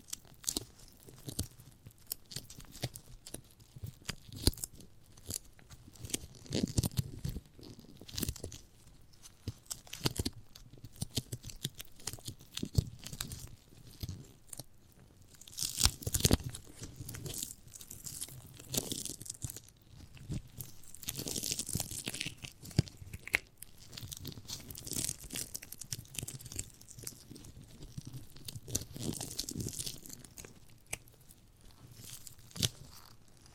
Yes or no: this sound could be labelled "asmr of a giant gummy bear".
yes